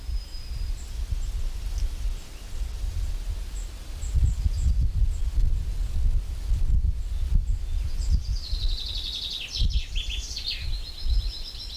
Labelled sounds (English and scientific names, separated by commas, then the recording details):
Common Chaffinch (Fringilla coelebs) song
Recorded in the wild
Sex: male
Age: adult
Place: Bötzow - Krämer, Brandenburg, DE
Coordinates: 52.6736, 13.0725
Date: 1997-05-18 17:27
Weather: sunny, 26°C, wind
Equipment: Sony MD-WM MZ-R3, Sennheiser MKH 416 T, Kopie Uher 4000 Report Monitor
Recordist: Tembrock, Günter